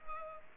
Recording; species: mosquito wingbeat signal from an infrared sensor; Culex pipiens